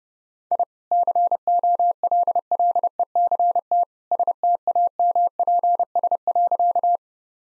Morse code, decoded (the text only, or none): I COLLECT STAMPS.